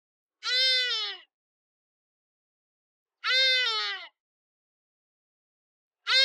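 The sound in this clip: Hadeda ibis giving raucous, nasal calls that drop in pitch, two full calls about three seconds apart and a third starting at the end.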